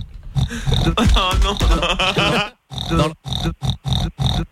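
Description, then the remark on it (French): A person mimics a pig with nasal grunts and snorts: first a long, wavering run of oinking sounds, then about five short, sharp snorts in a quick, steady rhythm. “Bon sang, mon petit cochon.”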